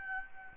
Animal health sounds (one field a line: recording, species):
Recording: mosquito wingbeat signal from an infrared sensor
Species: Aedes albopictus